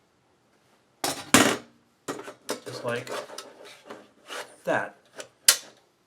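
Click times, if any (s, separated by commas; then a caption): 5.5 s. A drive or its caddy is pushed into a computer case drive bay while someone talks, with a few sharp handling knocks early on. A sharp click at 5.5 seconds marks the drive clicking into the bay, seated.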